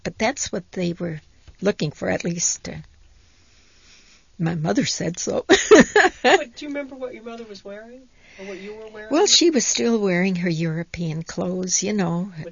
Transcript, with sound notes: But that's what they were looking for, at least my mother said so. ( she laughs )
Do you remember what your mother was wearing, or what you were wearing?
Well, she was still wearing her European clothes, you know.